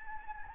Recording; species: mosquito wingbeat signal from an infrared sensor; Anopheles gambiae